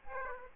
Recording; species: mosquito wingbeat signal from an infrared sensor; Aedes aegypti